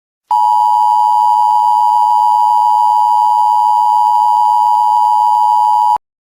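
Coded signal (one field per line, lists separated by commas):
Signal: Emergency Alert System (SAME) tones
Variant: 853 and 960 Hz attention tone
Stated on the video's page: Recreated, homemade Emergency Alert System tornado and thunderstorm alert made as a prank, with loud, scary EAS sounds and effects.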